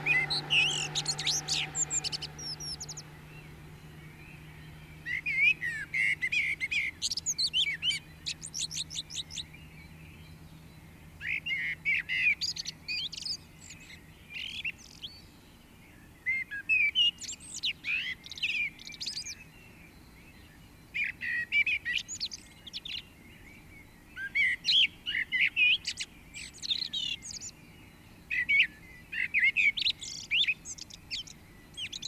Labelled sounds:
Common Blackbird song

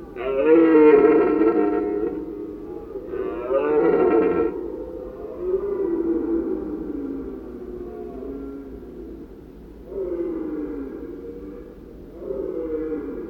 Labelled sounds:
Red Deer call

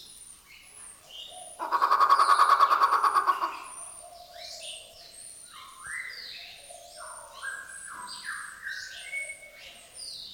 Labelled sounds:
White-rumped Shama

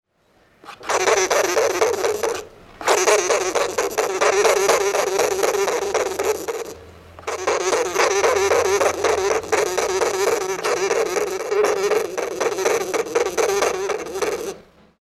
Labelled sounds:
Fat Dormouse

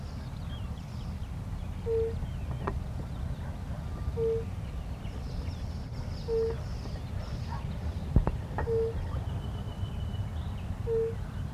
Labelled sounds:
Fire-Bellied Toad call

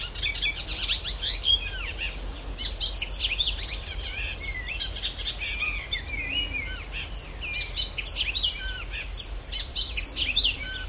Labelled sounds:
Icterine Warbler

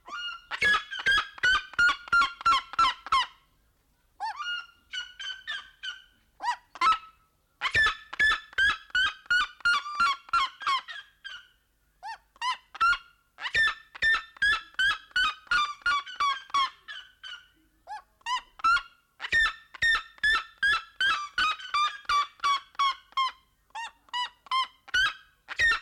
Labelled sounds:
Black-legged Seriema call

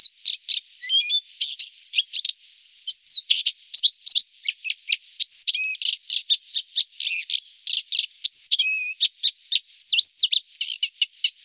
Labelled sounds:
Blyth's Reed Warbler song

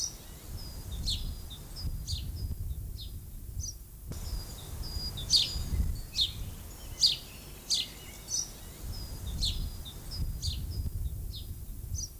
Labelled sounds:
House Sparrow song

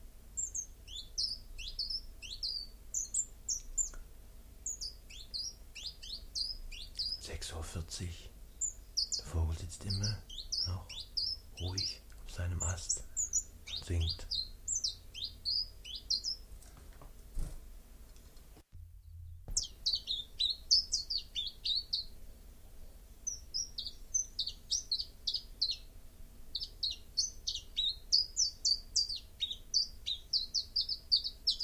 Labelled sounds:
Common Chiffchaff song

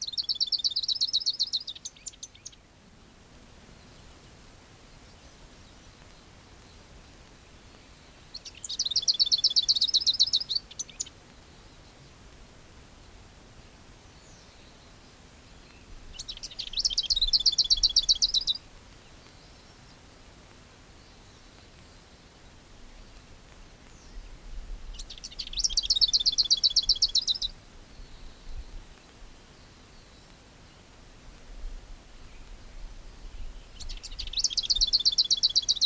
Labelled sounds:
Lesser Whitethroat song

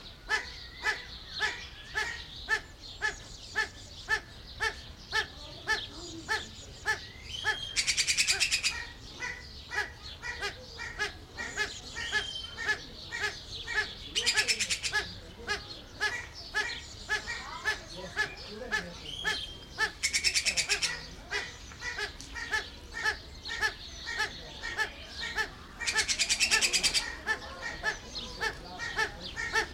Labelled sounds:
Satyr Tragopan call

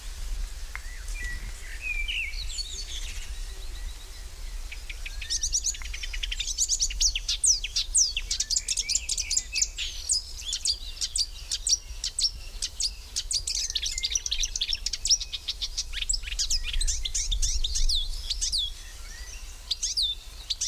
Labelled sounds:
Marsh Warbler song

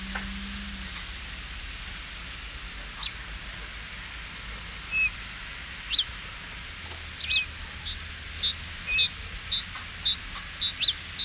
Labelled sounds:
Great Tit song

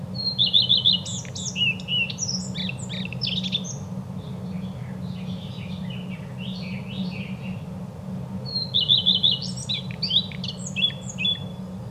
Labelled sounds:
Common Redstart song

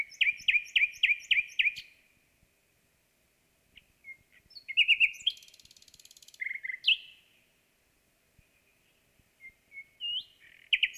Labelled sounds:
Common Nightingale song

